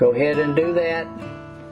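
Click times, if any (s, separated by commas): none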